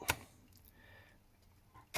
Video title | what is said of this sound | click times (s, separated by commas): This Sony MiniDisc Player Was Stuck in Standby | And if you want it, there you go, it's just popped through now, which is the hinge. | 0.1 s